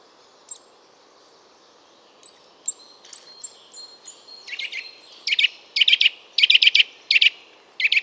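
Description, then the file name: Eurasian nuthatch calling: a few thin, high descending notes at first, then building into quick bursts of harsh, clipped notes that grow louder and denser. "Sitta europaea"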